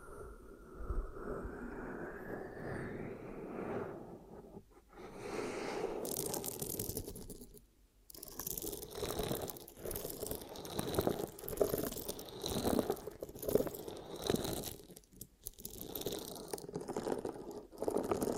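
Ear cupping triggers: muffled, hollow rustling and crunchy scraping sounds come in bursts, with brief near-silent pauses around 5, 8 and 15 seconds. The texture stays dense and mid-toned, with a soft rising whoosh early on and occasional crinkly, brighter crackles.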